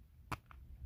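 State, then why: Seated. A replacement plastic nozzle tip is pushed into the tip holder on the wand of an IK Foam Pro 2 foam pump sprayer, giving a sharp click at 0.3 s and a fainter tick at 0.5 s. The tip locks into place.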